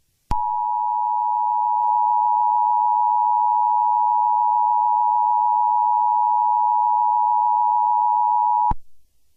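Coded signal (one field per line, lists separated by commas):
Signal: Emergency Alert System (SAME) tones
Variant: 853 and 960 Hz attention tone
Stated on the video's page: Fictional EAS scenario with simulated alert tones.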